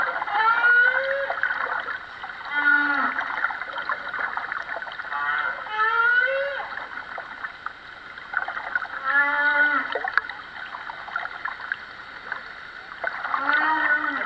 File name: humpback whale song